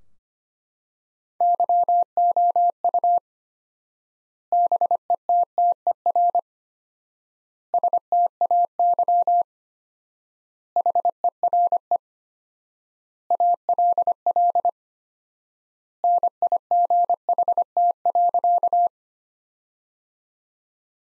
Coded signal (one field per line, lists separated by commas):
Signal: Morse code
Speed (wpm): 25 wpm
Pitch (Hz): 700 Hz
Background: none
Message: YOU BETTER STAY HERE ALL NIGHT.